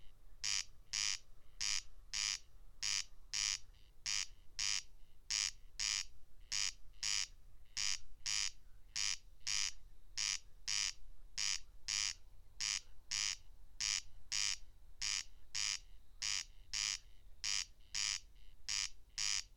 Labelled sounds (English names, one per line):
Corn Crake song